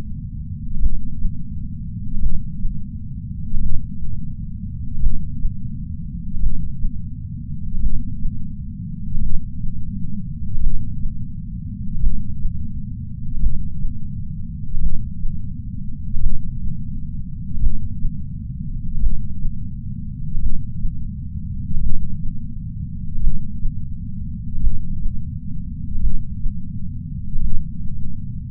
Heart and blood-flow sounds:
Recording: heart sounds by patch sensor on the chest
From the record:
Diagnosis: coronary artery disease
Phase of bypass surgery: intraoperative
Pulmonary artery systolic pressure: 27 mmHg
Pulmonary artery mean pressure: 20 mmHg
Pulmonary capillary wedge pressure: 14 mmHg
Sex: female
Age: 68 years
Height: 155 cm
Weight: 56 kg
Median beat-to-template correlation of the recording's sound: 0.95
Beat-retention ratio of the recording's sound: 1.00

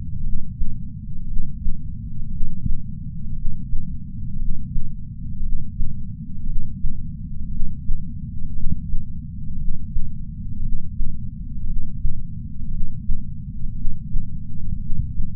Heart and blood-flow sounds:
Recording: heart sounds by patch sensor on the chest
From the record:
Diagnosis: coronary artery disease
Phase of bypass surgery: intraoperative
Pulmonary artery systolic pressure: 25 mmHg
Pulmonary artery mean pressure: 17 mmHg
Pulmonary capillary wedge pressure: 11 mmHg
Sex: male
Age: 62 years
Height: 172 cm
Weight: 60 kg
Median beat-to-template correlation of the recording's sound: 0.91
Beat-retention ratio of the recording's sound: 1.00

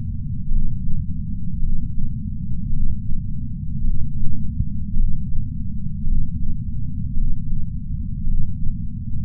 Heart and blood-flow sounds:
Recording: heart sounds by patch sensor on the chest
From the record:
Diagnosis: coronary artery disease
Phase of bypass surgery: intraoperative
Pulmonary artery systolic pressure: 24 mmHg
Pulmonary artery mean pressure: 20 mmHg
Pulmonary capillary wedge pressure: 12 mmHg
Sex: male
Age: 60 years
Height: 170 cm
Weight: 103 kg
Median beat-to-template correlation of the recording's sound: 0.88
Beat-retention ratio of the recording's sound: 0.98

